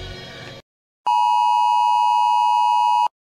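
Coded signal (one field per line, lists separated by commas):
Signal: Emergency Alert System (SAME) tones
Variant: 853 and 960 Hz attention tone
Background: music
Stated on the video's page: Fictional mocked EAS typhoon alarm styled as a Cotabato City radio broadcast, not a real broadcast.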